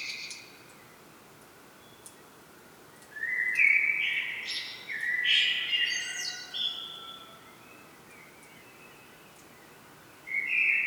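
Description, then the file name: Common blackbird sings a rich warbling phrase rising into high twittering notes, followed by a long quiet gap and the start of another phrase. "Turdus merula"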